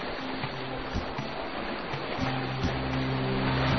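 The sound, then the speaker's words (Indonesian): Ocean waves wash steadily onto a beach in a continuous, hissing roar with a faint low hum beneath it. No voices are heard. “Kemudian nenek raksasa mengantar mereka sampai di sebuah pantai.”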